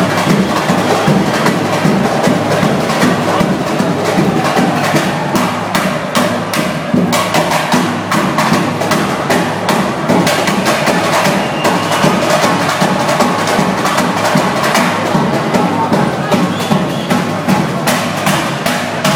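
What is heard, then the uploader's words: A loud party with people celebrating, the sound dense and constant with no pauses. Sharp bright hits recur in a fast, regular pulse throughout, like percussion driving a dance rhythm, over a thick low bed and crowd chatter. These brasilians know how to party! at Holiday Inn. At Holiday Inn by Dave Haynes.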